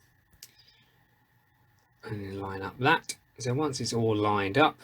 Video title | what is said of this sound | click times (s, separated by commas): Restoring a vintage Star Wars Kenner Millennium Falcon toy - cheap and easy step by step!! | Now it just clicks back in. | 0.4 s